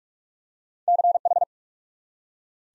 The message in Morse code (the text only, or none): CH